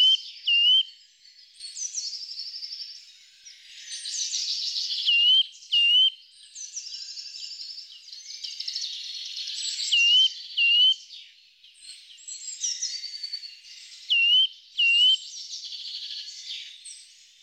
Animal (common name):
Eurasian Nuthatch